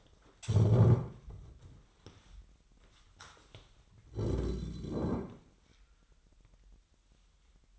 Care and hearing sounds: daily activity, microphone in the room; stand up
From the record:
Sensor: 3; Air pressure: 998.6 hPa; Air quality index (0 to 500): 127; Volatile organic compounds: 3 ppm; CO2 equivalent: 1512 ppm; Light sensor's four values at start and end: 7/17/7/7 and 7/16/7/8

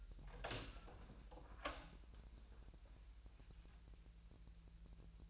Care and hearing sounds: daily activity, microphone in the room; open door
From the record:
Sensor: 2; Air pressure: 1001.1 hPa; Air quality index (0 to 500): 249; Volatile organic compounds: 91 ppm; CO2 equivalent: 3690 ppm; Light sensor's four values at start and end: 10/24/10/10 and 10/24/10/10

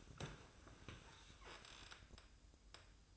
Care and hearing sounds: daily activity, microphone in the room; sit down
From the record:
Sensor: 2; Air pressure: 1004.9 hPa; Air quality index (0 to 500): 91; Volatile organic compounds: 2 ppm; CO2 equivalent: 1094 ppm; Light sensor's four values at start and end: 8/19/8/8 and 7/17/7/7

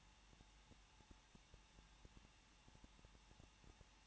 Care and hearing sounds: daily activity, microphone in the room; no activity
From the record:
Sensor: 1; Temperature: 20.1 degrees Celsius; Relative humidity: 39.0%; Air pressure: 1006.6 hPa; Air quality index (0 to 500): 216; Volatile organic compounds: 71 ppm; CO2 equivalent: 3531 ppm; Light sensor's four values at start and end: 1/2/1/1 and 1/2/1/1

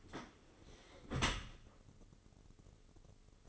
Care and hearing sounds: daily activity, microphone in the room; close dishwasher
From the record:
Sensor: 4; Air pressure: 996.6 hPa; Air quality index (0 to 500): 87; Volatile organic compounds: 4 ppm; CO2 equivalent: 1682 ppm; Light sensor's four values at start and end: 21/56/22/24 and 20/55/21/23

